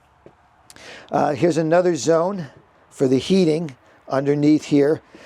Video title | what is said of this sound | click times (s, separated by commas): Van Life Dreams: This High-End Sprinter Build Will Blow Your Mind | so that's that that locks in place | 0.7 s, 0.8 s